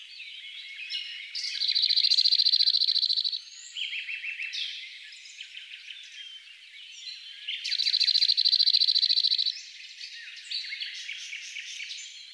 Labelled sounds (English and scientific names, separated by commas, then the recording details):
Cirl Bunting (Emberiza cirlus) song
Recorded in the wild
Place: St. Laurent des Arbres und Umgebung, FR
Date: 2008-05-14
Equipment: MiniDisc Sharp MT 20 H
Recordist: Schwarz, Dieter